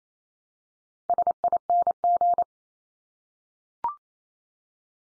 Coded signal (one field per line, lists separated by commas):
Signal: Morse code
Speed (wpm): 28 wpm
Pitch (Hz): 700 Hz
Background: none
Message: SING